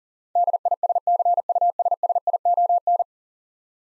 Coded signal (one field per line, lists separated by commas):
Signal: Morse code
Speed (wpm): 40 wpm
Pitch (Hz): 700 Hz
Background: none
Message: DISCUSSION